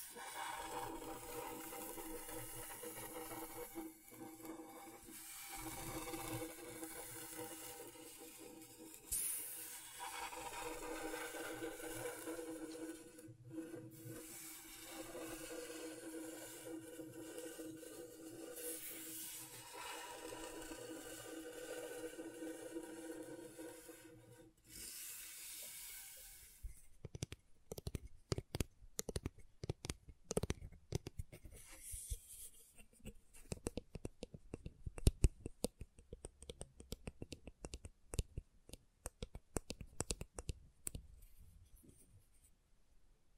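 Scratching on a scratchboard: for the first 25 seconds a dense, steady, hissy scrape runs almost without pause, broken by a few brief gaps. After that it turns into short, sharp strokes and clicks at an irregular pace, with quiet between them.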